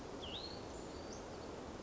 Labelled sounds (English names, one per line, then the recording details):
Hutton's Vireo
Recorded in Sonoma County, California